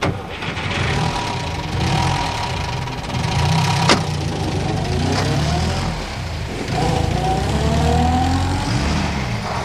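A car engine rumbles steadily and then revs, its pitch climbing in rising sweeps as the vehicle pulls away. A brief sharp click cuts in partway through. No one speaks.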